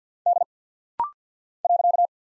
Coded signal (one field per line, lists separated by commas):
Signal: Morse code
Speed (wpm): 50 wpm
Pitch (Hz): 700 Hz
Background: none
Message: D .